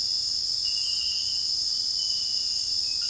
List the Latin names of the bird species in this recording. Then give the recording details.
none. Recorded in dense forest near Puerto Asís, Putumayo, Colombia, on 20 February 2024 at 05:00. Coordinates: 0.481, -76.318. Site G6421